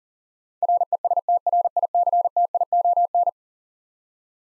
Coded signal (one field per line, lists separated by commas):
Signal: Morse code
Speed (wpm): 38 wpm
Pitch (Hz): 700 Hz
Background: none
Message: RESTRICTION